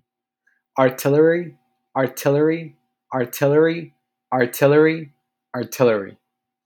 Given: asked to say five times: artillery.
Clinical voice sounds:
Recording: repeated word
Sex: male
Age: 20 to 29 years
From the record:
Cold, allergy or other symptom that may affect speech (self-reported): no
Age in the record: 24 years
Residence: California, United States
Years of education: 19

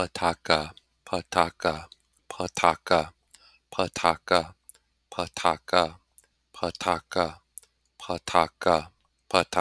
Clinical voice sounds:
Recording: repeated syllables /pa ta ka/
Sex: male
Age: 30 to 39 years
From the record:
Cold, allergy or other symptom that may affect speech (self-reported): no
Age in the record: 38 years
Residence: South Dakota, United States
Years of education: 16

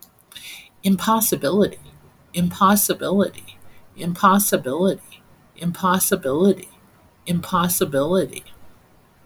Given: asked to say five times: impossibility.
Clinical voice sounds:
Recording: repeated word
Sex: female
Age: 60 to 69 years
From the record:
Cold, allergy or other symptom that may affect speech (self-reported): no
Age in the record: 65 years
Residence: Nevada, United States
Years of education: 22

